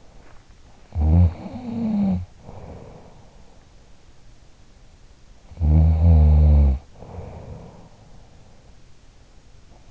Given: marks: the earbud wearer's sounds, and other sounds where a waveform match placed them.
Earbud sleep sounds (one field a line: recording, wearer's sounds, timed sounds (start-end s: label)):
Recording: sounds in sleep by an in-ear microphone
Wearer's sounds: body movement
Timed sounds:
0.00-0.49 s: body movement
0.96-3.57 s: sound from someone else or the room
5.46-8.89 s: sound from someone else or the room